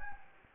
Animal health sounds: mosquito wingbeat signal from an infrared sensor; Anopheles gambiae

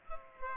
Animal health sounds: mosquito wingbeat signal from an infrared sensor; Culex pipiens

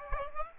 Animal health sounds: mosquito wingbeat signal from an infrared sensor; Aedes aegypti

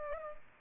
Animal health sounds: mosquito wingbeat signal from an infrared sensor; Culex pipiens

